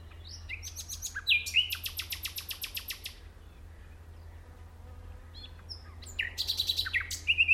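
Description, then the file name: Common nightingale song with a fast repeated trill of rapid notes, short whistled slurs and pauses between phrases; low background hum. "Luscinia megarhynchos"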